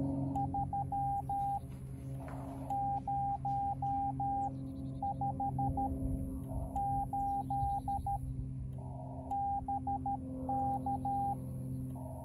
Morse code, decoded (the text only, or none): 3058 BK